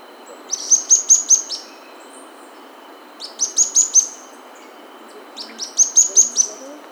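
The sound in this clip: Bird calls: a quick run of four or five thin, high chirps, repeated about every two and a half seconds over a steady background hiss.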